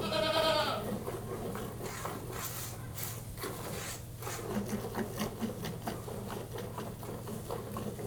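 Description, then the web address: Goat bleat, one short nasal bleat at the start, followed by a run of rhythmic swishing and squirting noises over a steady low hum. Goat during milking. "The BBC Sound Effects Library. Goat Milk"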